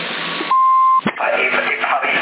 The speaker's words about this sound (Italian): Hola, hola, scusate, mi è squillato il telefono, c'è qualcuno?